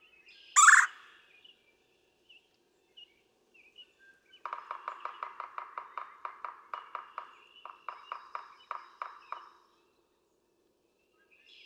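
Red-bellied woodpecker calls: one loud rolling churr, then a long run of quick clipped chuck notes for about five seconds.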